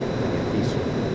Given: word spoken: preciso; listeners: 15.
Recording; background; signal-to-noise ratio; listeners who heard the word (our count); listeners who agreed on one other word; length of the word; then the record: one Spanish word in noise, from a listening test; speech-shaped noise; -6.9 dB; 4 of 15; 8 of 15; 0.75 s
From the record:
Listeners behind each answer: 8, 4, 1, 1, 1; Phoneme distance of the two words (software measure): 21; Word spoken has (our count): 3 syllables, 7 phonemes, stress on syllable 2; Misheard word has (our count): 2 syllables, 4 phonemes, stress on syllable 1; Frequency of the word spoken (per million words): 56.44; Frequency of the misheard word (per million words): 62.99